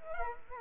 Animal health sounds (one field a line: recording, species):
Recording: mosquito wingbeat signal from an infrared sensor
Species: Culex quinquefasciatus